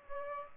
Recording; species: mosquito wingbeat signal from an infrared sensor; Aedes aegypti